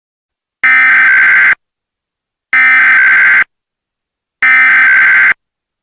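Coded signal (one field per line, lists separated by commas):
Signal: Emergency Alert System (SAME) tones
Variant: header bursts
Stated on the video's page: Mock EAS tornado warning for Wichita, Kansas.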